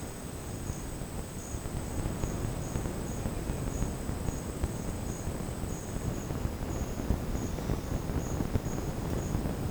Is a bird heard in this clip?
no